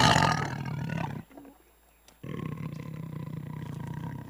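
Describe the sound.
Tiger growl, loud and deep at first, a brief lull, then a steady rasping rumble continuing to the end.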